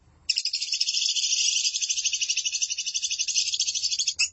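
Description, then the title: Lovebird: a long, continuous, harsh, high, rapid trill of squeaky pulses, ending with a short extra burst. "BM Suara Burung Lovebird"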